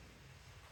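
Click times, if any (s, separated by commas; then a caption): none. A plastic hook-tip cover is being slid back over an oscilloscope probe tip. Only a steady low rumble and broadband noise are heard, with no sharp transients. The clip ends before the cover pops into place, so nothing has snapped or seated yet.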